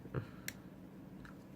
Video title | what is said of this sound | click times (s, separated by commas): Dualshock 4 V2 *PS4 SLIM* controller teardown | it's a lot easier it literally just clicks off | 0.5 s